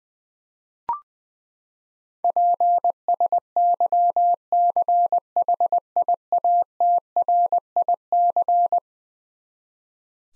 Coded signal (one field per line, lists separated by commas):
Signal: Morse code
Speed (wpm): 21 wpm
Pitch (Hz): 700 Hz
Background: none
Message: PSYCHIATRIC